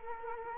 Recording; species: mosquito wingbeat signal from an infrared sensor; Culex quinquefasciatus